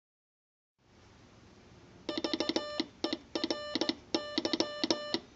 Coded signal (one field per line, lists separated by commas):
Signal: Morse code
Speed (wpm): 16 wpm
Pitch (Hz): 590 Hz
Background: music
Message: VERY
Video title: Telegraph Key With Marble Base